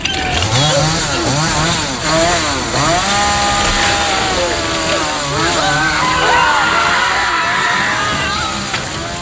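A chainsaw roars loudly and steadily for the whole stretch, its engine pitch rising and dipping as it revs, with wavering high screams mixed in over the noise, a staged homage to the film The Texas Chain Saw Massacre.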